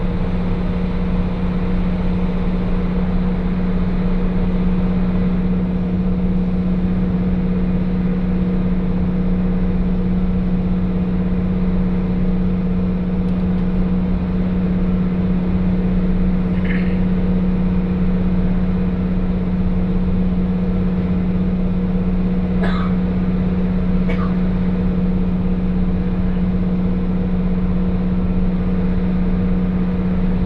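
A train ride on the Hakodate Main Line, heard as a steady, unbroken engine drone with a strong low hum and a fainter tone above it. Loudness stays even throughout. Brief faint squeaks or clicks cut through around 17, 23 and 24 seconds.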